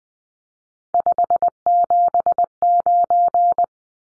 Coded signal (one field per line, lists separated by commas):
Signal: Morse code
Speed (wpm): 20 wpm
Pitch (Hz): 700 Hz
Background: none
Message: 579